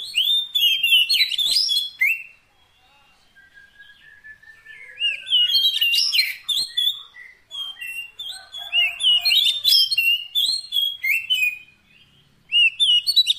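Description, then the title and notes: Oriental magpie-robin song in rich whistled bursts, with a soft drawn-out whistle during one lull and several dense, warbling phrases full of quick slurs. Long-duration fill-in (isian) song of kacer, meant to make the bird sing energetically (gacor) day and night. "Kacer Jadi Gacor Siang Malam. Isian Kacer"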